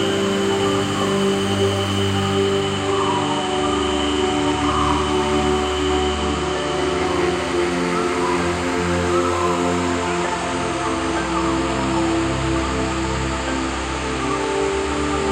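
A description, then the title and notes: An echoey jungle night with a dense, unbroken wash of steady insect-like tones over low droning hums that slowly shift, holding even loudness throughout. Echoey Jungle Night.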